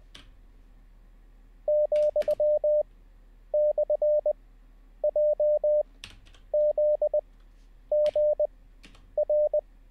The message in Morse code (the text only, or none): , / J Z G R